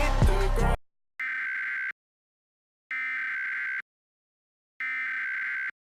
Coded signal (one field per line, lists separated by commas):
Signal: Emergency Alert System (SAME) tones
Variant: header bursts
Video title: EAS Scenario - Hawaii Bombing